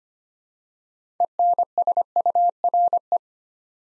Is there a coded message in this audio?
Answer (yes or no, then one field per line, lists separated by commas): yes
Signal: Morse code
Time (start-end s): 1.2-3.2 s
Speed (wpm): 25 wpm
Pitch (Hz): 700 Hz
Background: none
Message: ENSURE